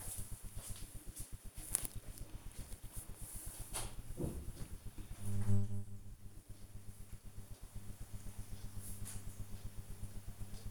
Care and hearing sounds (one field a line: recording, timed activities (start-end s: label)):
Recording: household activities, microphone on the right wrist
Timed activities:
none